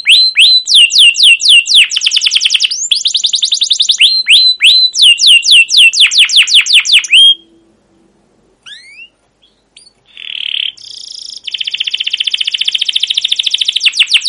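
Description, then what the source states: Canary song of fast, repeated downslurred chirps for about seven seconds, a short pause with scattered notes, then a steady high rolling trill. Song used as a lure (pancingan) to train other canaries; long continuous singing with cuit-cuit notes and rolling (ngerol) passages.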